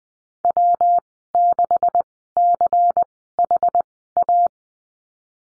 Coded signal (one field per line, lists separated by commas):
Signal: Morse code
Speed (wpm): 20 wpm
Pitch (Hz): 700 Hz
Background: none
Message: W6CHA